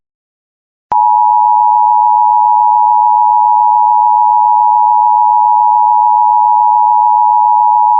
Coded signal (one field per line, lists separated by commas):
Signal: Emergency Alert System (SAME) tones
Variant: 853 and 960 Hz attention tone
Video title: (FOUND SAFE) Ohio Child Abduction Emergency. (EAS 77)